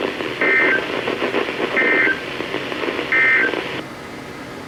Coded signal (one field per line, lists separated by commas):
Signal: Emergency Alert System (SAME) tones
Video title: EAS #1455-#1469: Enhanced in Kentucky! | WWG81, WZ2500, WXM72, WXM71, & WXL60